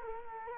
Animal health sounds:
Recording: mosquito wingbeat signal from an infrared sensor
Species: Culex quinquefasciatus

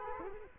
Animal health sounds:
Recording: mosquito wingbeat signal from an infrared sensor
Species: Culex quinquefasciatus

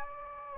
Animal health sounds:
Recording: mosquito wingbeat signal from an infrared sensor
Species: Anopheles gambiae

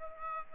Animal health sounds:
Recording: mosquito wingbeat signal from an infrared sensor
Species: Aedes aegypti

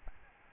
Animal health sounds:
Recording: mosquito wingbeat signal from an infrared sensor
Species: Aedes albopictus

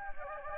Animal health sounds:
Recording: mosquito wingbeat signal from an infrared sensor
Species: Anopheles gambiae

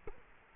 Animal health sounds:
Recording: mosquito wingbeat signal from an infrared sensor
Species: Culex quinquefasciatus

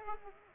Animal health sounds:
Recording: mosquito wingbeat signal from an infrared sensor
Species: Culex pipiens

